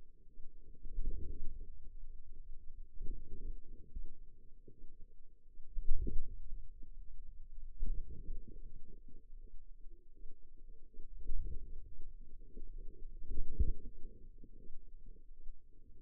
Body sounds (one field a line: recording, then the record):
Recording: forearm muscle sounds (acoustic myography)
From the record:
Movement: wrist extension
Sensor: system 2, bracelet of six BSWA MPA416 microphones around the upper forearm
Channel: 1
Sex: female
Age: 23 years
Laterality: right